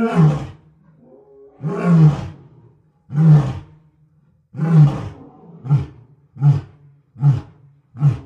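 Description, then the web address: Lion roaring, several long moaning roars followed by a run of shorter, evenly spaced grunts. "big cats|lions"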